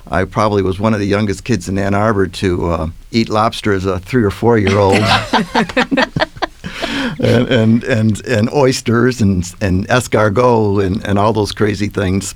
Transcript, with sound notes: I probably was one of the youngest kids in Ann Arbor to eat lobster as a three or four year old. [LAUGHTER] Oysters and escargo and all those crazy things.